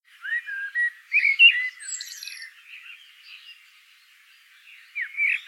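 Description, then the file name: Common blackbird giving rich whistled phrases with a high squeaky flourish, a short quiet gap, then another mellow phrase begins. "Turdus merula"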